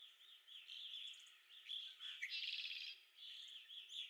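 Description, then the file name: Red-winged blackbird song: a brief downward note followed by a rough, buzzing trill lasting nearly a second, with other birds chirping throughout. Recorded at Okalees on 5 May 2021. "2021-05-05 RWBL 26 Okalees"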